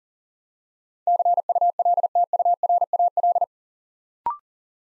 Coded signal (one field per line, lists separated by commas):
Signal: Morse code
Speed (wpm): 37 wpm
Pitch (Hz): 700 Hz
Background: none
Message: CULTURAL